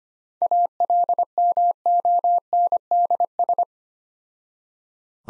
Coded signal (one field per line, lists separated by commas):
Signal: Morse code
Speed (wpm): 25 wpm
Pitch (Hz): 700 Hz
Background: none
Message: ALMONDS